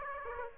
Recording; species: mosquito wingbeat signal from an infrared sensor; Aedes aegypti